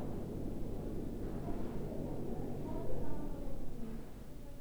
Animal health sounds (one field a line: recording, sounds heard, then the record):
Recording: poultry house recording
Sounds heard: no chicken sound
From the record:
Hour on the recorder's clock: 8